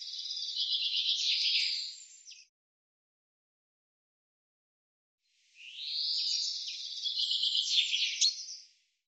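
Bird giving two long, buzzy, chattering phrases separated by a pause of silence.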